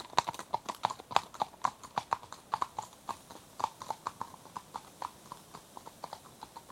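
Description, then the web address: Walking horses, sharp ringing hoof strikes on a hard road in an uneven rhythm, with a low wind hiss. Two horses passing at a walk on a tarmac road, moving left to right, with some wind in trees. "BBC Horses Walking. two horses pass at walk on tarmac road, left to right, some wind in trees"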